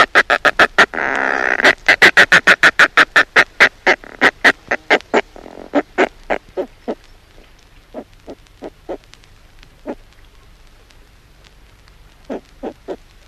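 Northern fulmar cackling in a rapid burst of harsh clucks with a brief grating rasp, then slowing to spaced single clucks.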